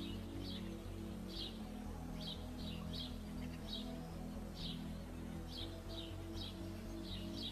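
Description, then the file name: Common chiffchaff singing repeated high notes in an uneven series over a constant low hum. "Canto do felosa comum"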